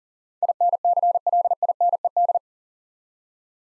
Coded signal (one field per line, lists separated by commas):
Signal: Morse code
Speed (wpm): 40 wpm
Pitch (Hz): 700 Hz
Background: none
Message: INCLINED